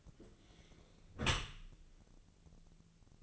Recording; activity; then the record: daily activity, microphone in the room; close dishwasher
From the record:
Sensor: 4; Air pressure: 1001.3 hPa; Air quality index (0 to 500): 178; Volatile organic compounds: 2 ppm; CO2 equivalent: 1270 ppm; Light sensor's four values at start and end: 11/26/11/11 and 11/26/11/11